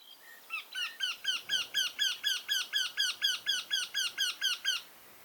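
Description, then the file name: Eurasian wryneck giving a rapid series of many nasal, ringing notes, each slurred up then down. Recorded in Alver, Norway, on 3 May 2023. "20230503 vendehals alver"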